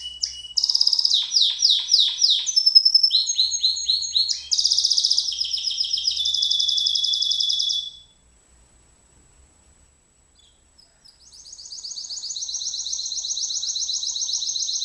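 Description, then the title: White-eye song: rapid high twittering trills and rolling warbles for about eight seconds, a short silence, then a long fast trill begins. Song in the ngerol ngalas style. "Suara Burung Pleci Ngerol Ngalas"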